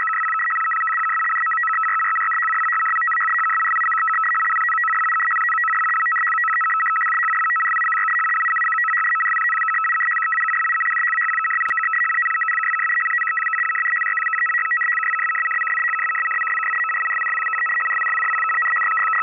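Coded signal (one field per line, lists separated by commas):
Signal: numbers station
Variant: PolFSK, 100 baud, 625 Hz shift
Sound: continuous fast warbling between two tones, steady and machine-like for the whole clip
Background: radio static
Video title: Decoding Numbers Station: Polish Intelligence 100bd/625Hz FSK - PolFSK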